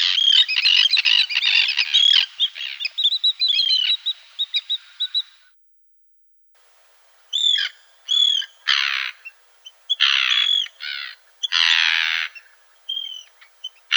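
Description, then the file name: Arctic tern giving harsh, grating calls in a dense burst, then a short silence and a series of separate rasping screeches with clipped kik notes between them. "Krachka poljarnaja"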